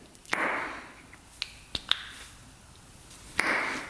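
A replacement spark plug boot is pushed onto the spark plug terminal again, with several sharp clicks and taps heard around 0.3, 1.4, 1.8 and 3.4 seconds. The boot clicks in and seats at 1.9 seconds, making a tight fit.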